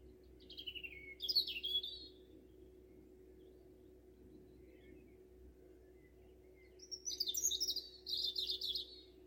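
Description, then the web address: European robin singing, two bursts of thin, high warbling and trilling phrases separated by several seconds of quiet, with a faint steady low hum beneath. "Deverinetal 2025 File origin Bird Only Er Ru"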